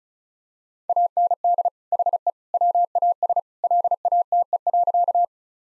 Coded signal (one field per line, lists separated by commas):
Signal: Morse code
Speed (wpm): 36 wpm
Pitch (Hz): 700 Hz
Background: none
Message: AND HE WAS LATE.